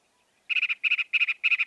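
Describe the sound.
Northern mockingbird song: four quick bursts of buzzy, rattling trilled notes, each a tight cluster of three or four, evenly spaced.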